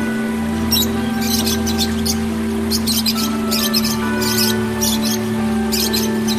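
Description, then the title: Oriental magpie-robin song: bursts of sharp, squeaky high chirps and short trills in quick clusters, over a constant low hum and steady droning tones. "Kicau Kacer"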